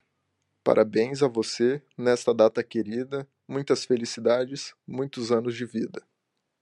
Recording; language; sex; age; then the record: short text; Brazilian Portuguese; male; 20 to 29 years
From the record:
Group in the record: control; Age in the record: 23 years